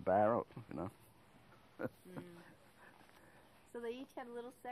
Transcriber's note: laughs